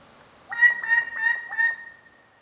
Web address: White-Bellied Treepie Call